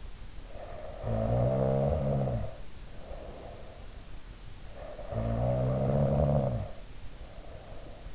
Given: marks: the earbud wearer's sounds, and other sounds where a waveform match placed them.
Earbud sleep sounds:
sounds in sleep by an in-ear microphone; snoring breath
0.37-3.98 s: snoring breath
4.78-8.14 s: snoring breath

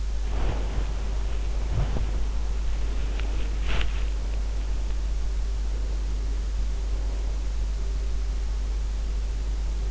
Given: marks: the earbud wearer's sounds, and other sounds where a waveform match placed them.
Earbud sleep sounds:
sounds in sleep by an in-ear microphone; body movement
0.00-4.48 s: body movement

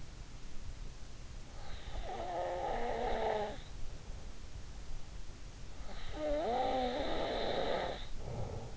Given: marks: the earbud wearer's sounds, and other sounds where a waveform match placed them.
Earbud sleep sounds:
sounds in sleep by an in-ear microphone; snoring breath
1.79-3.70 s: snoring breath
5.96-8.77 s: snoring breath

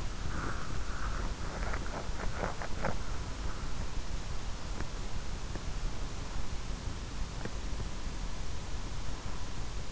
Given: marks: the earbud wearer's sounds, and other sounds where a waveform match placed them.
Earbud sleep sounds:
sounds in sleep by an in-ear microphone; body movement
0.00-2.85 s: body movement

